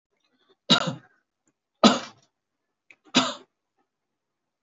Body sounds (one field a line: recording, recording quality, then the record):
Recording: shallow voluntary cough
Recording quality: excellent, no background noise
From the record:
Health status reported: COVID-19 positive, mild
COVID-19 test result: positive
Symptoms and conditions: cough, cold, fever, fatigue, hypertension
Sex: male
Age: 60 years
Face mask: not worn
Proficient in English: yes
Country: India